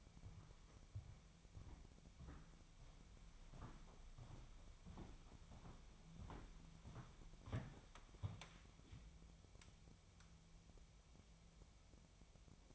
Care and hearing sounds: daily activity, microphone in the room; walk to room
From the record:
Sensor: 1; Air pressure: 999.9 hPa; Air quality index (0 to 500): 129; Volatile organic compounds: 2 ppm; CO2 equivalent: 1225 ppm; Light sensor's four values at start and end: 37/93/39/49 and 37/93/39/48

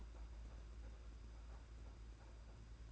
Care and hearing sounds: daily activity, microphone in the room; take from stove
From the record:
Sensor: 2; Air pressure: 991.8 hPa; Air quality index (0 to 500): 232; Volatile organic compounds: 1000 ppm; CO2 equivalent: 7785 ppm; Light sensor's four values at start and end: 19/61/23/22 and 19/61/23/22

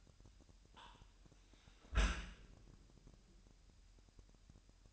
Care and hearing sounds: daily activity, microphone in the room; close dishwasher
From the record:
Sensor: 2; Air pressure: 998.2 hPa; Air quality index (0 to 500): 147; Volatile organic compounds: 4 ppm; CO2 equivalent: 1658 ppm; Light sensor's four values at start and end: 10/30/12/11 and 10/30/12/11

